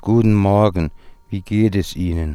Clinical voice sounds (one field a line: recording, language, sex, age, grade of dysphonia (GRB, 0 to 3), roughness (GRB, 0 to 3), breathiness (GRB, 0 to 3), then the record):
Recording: spoken sentence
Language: German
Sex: male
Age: 40 to 49 years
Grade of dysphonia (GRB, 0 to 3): 0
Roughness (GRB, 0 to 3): 0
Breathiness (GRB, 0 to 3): 0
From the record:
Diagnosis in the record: healthy voice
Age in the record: 45 years